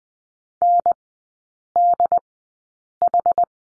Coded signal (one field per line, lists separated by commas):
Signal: Morse code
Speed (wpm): 20 wpm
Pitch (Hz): 700 Hz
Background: none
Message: NDH